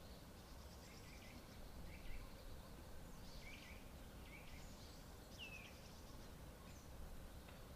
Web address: Madardalok - Nagy fakopáncs